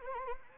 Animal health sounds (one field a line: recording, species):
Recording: mosquito wingbeat signal from an infrared sensor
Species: Anopheles arabiensis